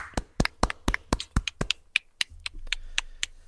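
A handful of people clap their hands, a quick, uneven string of sharp, crisp claps that stays fairly steady in loudness, with no voices over it.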